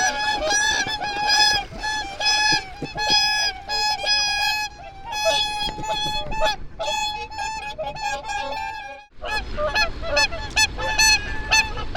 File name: Whooper swan